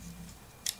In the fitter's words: now it should lock and then this little bar will be your spring